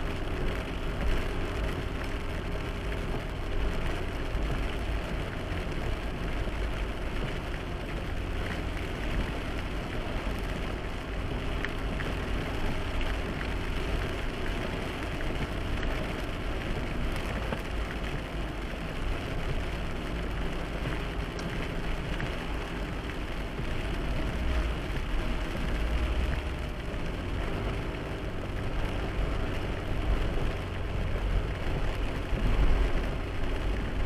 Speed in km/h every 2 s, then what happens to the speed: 69, 68, 67, 66, 66, 67, 68, 67, 67, 66, 64, 63, 62, 60, 57, 55, 54.
0-16 steady at about 67. 16-34 slows to 54.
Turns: none.